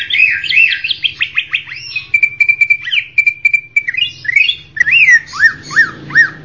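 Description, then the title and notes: Leafbird song of looping whistles and a steady run of pulsed notes, with a soft low hum running beneath much of it. Singing cucak ijo described as a champion bird. "Kicau Burung Cucak Ijo Juara. Suara kicauan burung cucak ijo"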